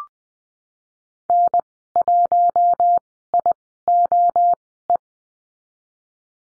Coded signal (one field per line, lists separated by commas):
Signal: Morse code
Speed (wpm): 20 wpm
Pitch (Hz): 700 Hz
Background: none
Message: N1IOE